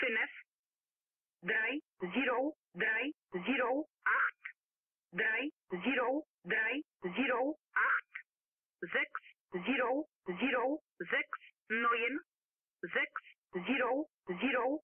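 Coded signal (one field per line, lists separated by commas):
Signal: numbers station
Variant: G11, German-language voice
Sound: synthetic-sounding voice reading German numbers one by one, evenly spaced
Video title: Zahlensender/Number Station "G11" ("Strich") (Polen/Poland) (1978-1998 / 2007-2014)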